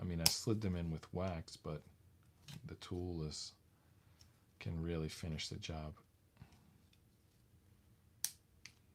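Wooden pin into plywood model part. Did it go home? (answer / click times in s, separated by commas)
yes / 8.2 s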